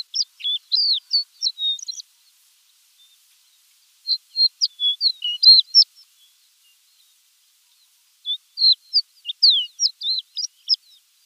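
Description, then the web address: Shore lark song: three bursts of thin, high tinkling and twittering notes separated by short pauses. "Schulze Peter Shore Lark song"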